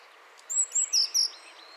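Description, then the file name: Eurasian blue tit: a short run of four thin, high, slightly slurred notes against a faint background hiss. "Cyanistes caeruleus"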